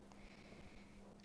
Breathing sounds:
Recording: one breath near a microphone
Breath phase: inhalation

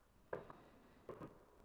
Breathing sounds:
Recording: one breath near a microphone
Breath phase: inhalation

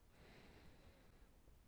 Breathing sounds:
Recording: one breath near a microphone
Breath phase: inhalation

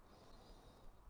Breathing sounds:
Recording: one breath near a microphone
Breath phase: inhalation

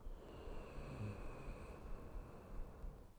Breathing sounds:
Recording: one breath near a microphone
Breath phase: inhalation

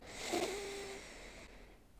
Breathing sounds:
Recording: one breath near a microphone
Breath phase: inhalation

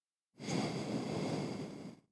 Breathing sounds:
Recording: one breath near a microphone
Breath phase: exhalation

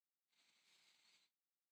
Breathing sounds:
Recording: one breath near a microphone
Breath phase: inhalation

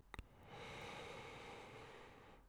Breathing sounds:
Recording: one breath near a microphone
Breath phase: inhalation

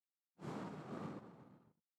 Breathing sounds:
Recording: one breath near a microphone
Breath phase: exhalation

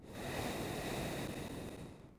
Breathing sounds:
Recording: one breath near a microphone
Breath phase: exhalation

